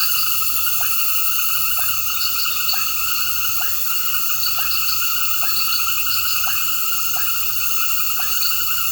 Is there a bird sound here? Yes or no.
no